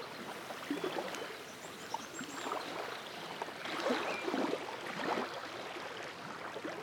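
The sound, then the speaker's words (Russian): Gentle lake water laps and splashes in a steady, uneven wash, with soft bursts of sloshing rising and falling throughout and no voices. “Давайте послушаем, как оно звучит.”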